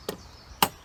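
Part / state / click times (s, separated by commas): keyhole-slot furniture part onto button plate / seated / 0.6 s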